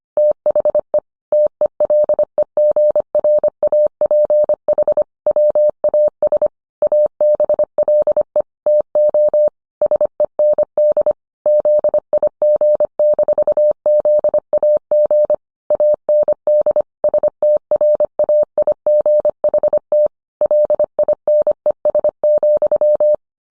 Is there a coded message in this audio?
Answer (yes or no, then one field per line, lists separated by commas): yes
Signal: Morse code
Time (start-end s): 0.2-23.1 s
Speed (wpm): 25 wpm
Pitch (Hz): 600 Hz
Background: none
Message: THE TELEGRAPH WAS ABLE TO SEND ZIG-ZAG AND STRAIGHT LINES,